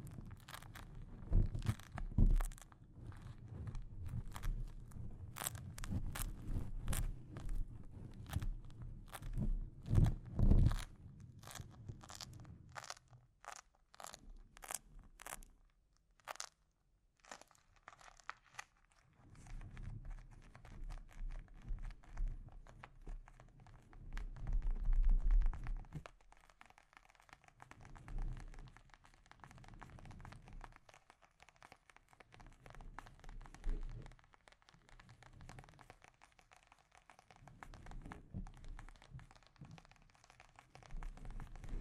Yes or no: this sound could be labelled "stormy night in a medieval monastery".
no